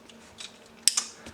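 A plastic lower-leg panel is pressed back into the leg of an MPM-12N black Optimus Prime (Nemesis) transforming robot figure during its transformation, so its internal tab connectors engage. After faint handling ticks, a sharp, loud click at 0.9 s shows the panel snapping into place, followed by a softer second click and a light tap. The panel is seated.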